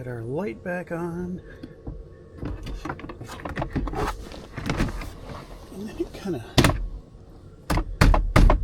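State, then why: Seated. Someone talks while a plastic interior trim piece is pressed back onto its panel clips in the cab of a 2025 Honda Ridgeline during an amp and subwoofer install. After some rustling and handling noises, sharp snaps are heard at 8.0 and 8.4 seconds as the trim piece seats into place.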